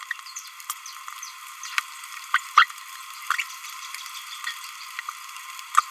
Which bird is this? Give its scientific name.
Forpus passerinus